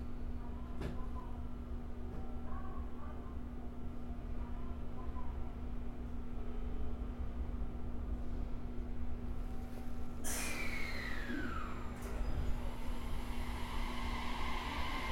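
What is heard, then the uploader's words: A JR Kyushu 817 series train runs with a steady low rumble and constant hum, then a brighter hiss and a falling squeal start around ten seconds. JR九州 817系 福北ゆたか線 吉塚から篠栗まで. It is a running sound of JR Kyushu 817 series trains. I recorded it on the local train of Fukutoku Yutaka Line (Chikuho Line). The section is from Yoshizuka to sasaguri.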